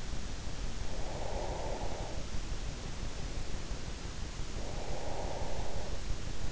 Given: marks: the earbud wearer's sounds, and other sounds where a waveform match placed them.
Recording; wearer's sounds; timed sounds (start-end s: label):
sounds in sleep by an in-ear microphone; breath
0.49-2.50 s: breath
4.18-6.25 s: breath